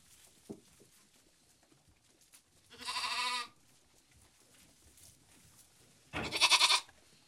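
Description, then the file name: Sheep bleats, two calls: a wavering, tremulous bleat near the three-second mark, then a harsher, louder bleat about three seconds later, with quiet background between. A lamb bleating. "polisson belement d un agneau"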